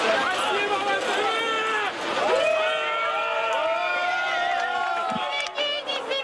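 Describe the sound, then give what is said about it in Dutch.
A large crowd of sympathisers in Russia cheers and shouts loudly as Wagner troops withdraw, many voices overlapping in a dense, steady roar of excited calls and whoops that carries on without a break. “De rust is weergekeerd in Rusland nadat gisteravond de Wagner-troepen zich hadden teruggetrokken onder luid gejuich van sympathisanten.”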